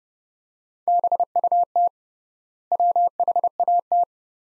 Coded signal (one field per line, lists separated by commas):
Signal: Morse code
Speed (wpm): 32 wpm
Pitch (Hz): 700 Hz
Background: none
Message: BUT WHAT